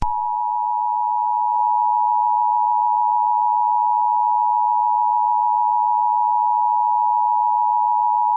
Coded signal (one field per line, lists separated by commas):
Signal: Emergency Alert System (SAME) tones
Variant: 853 and 960 Hz attention tone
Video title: EAS Scenario #17: Zombie Dilophosaurus (The Zombified Radioactive Dinosaur)